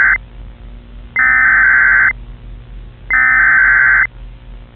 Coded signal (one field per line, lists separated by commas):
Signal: Emergency Alert System (SAME) tones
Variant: header bursts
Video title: (EAS MOCK) it's always during Arthur...